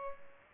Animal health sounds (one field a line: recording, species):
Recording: mosquito wingbeat signal from an infrared sensor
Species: Culex pipiens